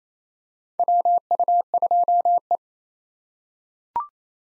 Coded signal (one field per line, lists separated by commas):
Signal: Morse code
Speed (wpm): 27 wpm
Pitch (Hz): 700 Hz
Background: none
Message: WU2E